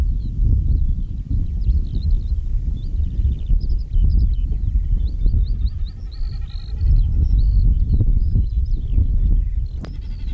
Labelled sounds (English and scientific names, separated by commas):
Common Snipe (Gallinago gallinago)